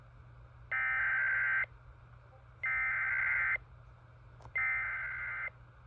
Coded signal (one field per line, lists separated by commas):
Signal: Emergency Alert System (SAME) tones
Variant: header bursts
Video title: GA CAE on a SAGE EAS Endec (EAS #710)